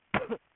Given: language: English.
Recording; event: throat vibration sensor signal played as sound; cough